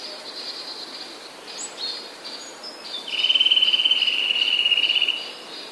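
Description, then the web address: Eurasian nuthatch song: a rapid, steady trill of identical notes lasting about two seconds, after faint thin calls. "wroblowe kolekcja kowalik"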